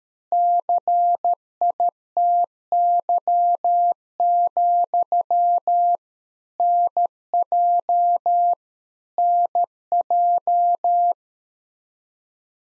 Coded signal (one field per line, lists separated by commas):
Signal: Morse code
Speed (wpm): 13 wpm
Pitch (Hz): 700 Hz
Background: none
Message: CITY, NJ NJ